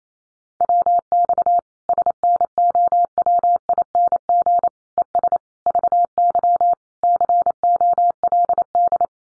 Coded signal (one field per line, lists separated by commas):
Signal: Morse code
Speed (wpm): 28 wpm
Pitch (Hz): 700 Hz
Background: none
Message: WX SNOWING ES VY COLD